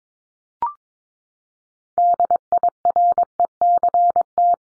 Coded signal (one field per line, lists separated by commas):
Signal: Morse code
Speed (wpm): 22 wpm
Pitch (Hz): 700 Hz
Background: none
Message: DIRECT